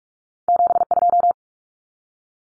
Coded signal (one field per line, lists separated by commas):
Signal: Morse code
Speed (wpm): 44 wpm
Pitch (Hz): 700 Hz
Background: none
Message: 72